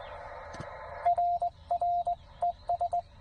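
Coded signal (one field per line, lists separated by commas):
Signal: Morse code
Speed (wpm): 18 wpm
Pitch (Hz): 690 Hz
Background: radio noise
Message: RR ES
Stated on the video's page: CW Parks on the Air activation.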